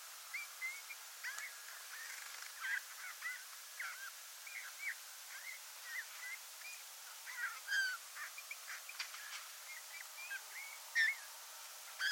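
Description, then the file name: Eurasian bullfinch giving soft, short whistled notes at a similar pitch, some slurred or downturned, scattered irregularly throughout with a few faint scratchy sounds between. "Pyrrhula pyrrhula"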